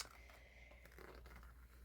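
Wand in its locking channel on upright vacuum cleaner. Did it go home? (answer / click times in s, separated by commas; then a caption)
no / none. A plastic wand is pushed into the small locking channel on a refurbished Dyson DC15 upright vacuum cleaner, with light scraping and a quick run of small plastic taps around 0.9 to 1.0 seconds over a steady low hum. The wand does not lock, and nothing has seated or clicked yet.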